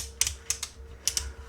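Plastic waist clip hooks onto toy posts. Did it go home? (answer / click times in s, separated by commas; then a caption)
yes / 0.2 s. The plastic waist clip of an X-brand Optimus Prime (Tongtianxiao) toy in G1 toy colors, being transformed, has its hooks pressed down onto two square toy posts, giving sharp ratchet-like plastic clicks. The clip clicks home at 0.2 s, with further short clicks near 0.3, 0.5, 0.6, 1.1 and 1.2 s. The part is then lifted and confirmed to be locked in place.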